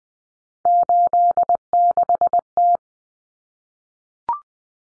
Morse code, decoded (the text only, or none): 86T